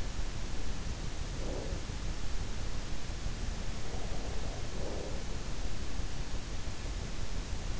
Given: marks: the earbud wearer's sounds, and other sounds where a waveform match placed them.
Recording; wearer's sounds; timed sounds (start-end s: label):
sounds in sleep by an in-ear microphone; breath
1.21-1.96 s: breath
3.70-5.81 s: sound from someone else or the room
4.69-5.27 s: breath